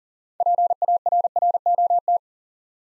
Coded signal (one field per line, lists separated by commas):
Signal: Morse code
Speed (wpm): 42 wpm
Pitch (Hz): 700 Hz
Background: none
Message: PARROT